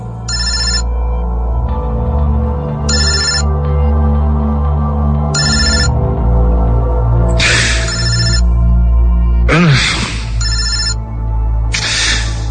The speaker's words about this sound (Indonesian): Saat itu pagi hari, aku dibangunkan dengan suara dering telepon yang terus-menerus berbunyi.